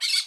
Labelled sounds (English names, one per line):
Brown-throated Parakeet contact call